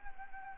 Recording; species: mosquito wingbeat signal from an infrared sensor; Anopheles gambiae